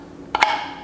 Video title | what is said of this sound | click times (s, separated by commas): GVODE KitchenAid Mixer Attachments Review - Fruit and Vegetable Strainer Set Meat Grinder Juicer | you can hear it kind of clicked right into place | 0.3 s, 0.4 s